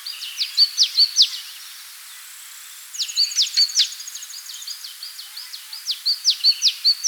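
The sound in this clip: Spot-winged tit sings quick, high phrases of sharp repeated notes, with a pause after the first phrase.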